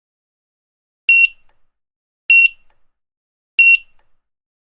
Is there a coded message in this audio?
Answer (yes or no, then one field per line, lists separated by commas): no